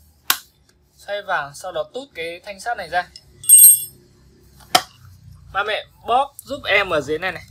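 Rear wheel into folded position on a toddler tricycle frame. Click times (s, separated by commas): 0.3 s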